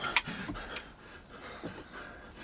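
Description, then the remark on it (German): A small bunch of keys, including a handcuff key, jangles with a sharp metallic clink as it is handed over, followed by a few lighter, scattered jingles over a low, muffled background. “Hast du den Schlüssel für die Handschellen?”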